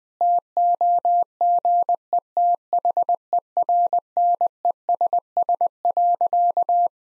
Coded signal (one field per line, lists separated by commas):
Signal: Morse code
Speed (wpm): 19 wpm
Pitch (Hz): 700 Hz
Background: none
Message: TOGETHERNESS.